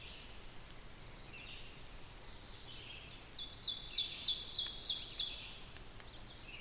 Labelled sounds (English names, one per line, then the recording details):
Ovenbird song
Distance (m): 65 m
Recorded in boreal forest in Alberta, Canada, on 5 June 2016 at 06:22
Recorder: SongMeter 3, array SBT-3-51
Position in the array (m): 214 m, 19 m
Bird 27